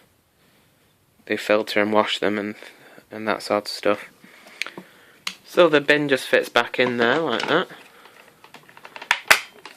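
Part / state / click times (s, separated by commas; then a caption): dust bin into vacuum body / seated / 9.1 s, 9.3 s. Someone talks as the dust bin of a VAX Air Cordless Lift upright vacuum is fitted back into the vacuum body. It latches with sharp plastic clicks at 9.1 s and 9.3 s, and the bin is seated in place.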